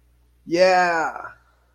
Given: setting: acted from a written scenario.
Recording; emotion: vocal sound without words; elation